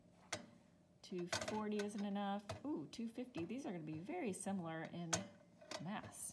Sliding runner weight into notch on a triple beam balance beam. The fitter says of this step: let's see got to make sure it clicks in